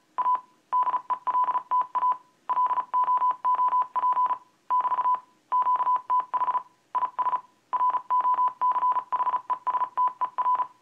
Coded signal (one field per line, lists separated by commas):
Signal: Morse code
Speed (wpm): 33 wpm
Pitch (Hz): 1000 Hz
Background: none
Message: A DELTA LOOP <BT> QTH IS ROCHESTER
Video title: Using Adafruit's Mic Amp to copy CW on Arduino